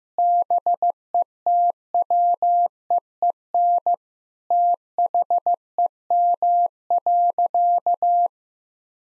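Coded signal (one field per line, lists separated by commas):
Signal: Morse code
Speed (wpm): 15 wpm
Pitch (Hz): 700 Hz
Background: none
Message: BETWEEN THEM.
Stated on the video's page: Morse head-copy practice of sentences built from the top 1000 words at 15 wpm, each sent, then spoken, then sent again.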